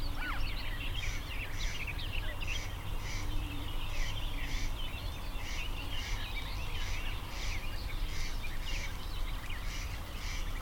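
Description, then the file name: Booted warbler song, a continuous chattering warble of quick scratchy notes, with faint short buzzy bursts repeating at short intervals over a steady low rumble. First male, singing a longer verse, recorded 13 June 2021; possibly a new bird. "kk 210613 eka koiras pidempaa saetta mahd uusi"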